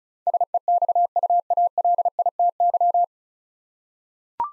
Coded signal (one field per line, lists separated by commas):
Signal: Morse code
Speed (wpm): 36 wpm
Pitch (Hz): 700 Hz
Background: none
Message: SEXUALITY